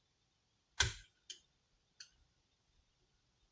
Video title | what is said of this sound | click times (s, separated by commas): 1975 Harley Davidson FLH Custom Shovelhead 41mm Front End Swap | push it down until it snaps | 0.8 s